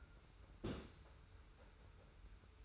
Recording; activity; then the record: daily activity, microphone in the room; place on stove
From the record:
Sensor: 2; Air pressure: 991.0 hPa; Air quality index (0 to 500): 110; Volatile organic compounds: 50 ppm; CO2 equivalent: 3293 ppm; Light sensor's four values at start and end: 34/102/40/38 and 34/102/40/38